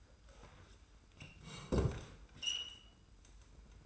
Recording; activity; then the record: daily activity, microphone in the room; sit down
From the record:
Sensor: 2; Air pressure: 990.3 hPa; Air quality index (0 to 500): 179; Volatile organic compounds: 1000 ppm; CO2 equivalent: 5688 ppm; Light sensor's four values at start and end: 32/72/30/30 and 30/71/29/29